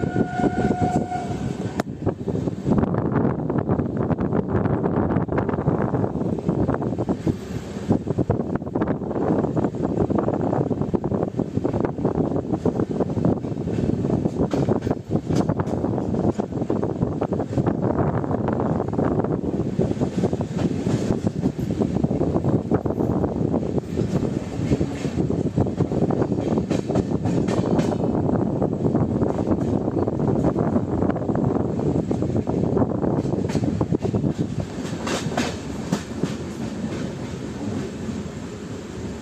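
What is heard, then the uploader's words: An express train roars past at high speed at night, a dense, unbroken rush of low rumble and rattling that stays loud for the whole stretch. Rapid clattering of wheels runs through it, and a brief steady tone sounds right at the start. Indian Railways Kerala Express blasting through the night. The sound of Kerala express blasting through the night at 140 kmph.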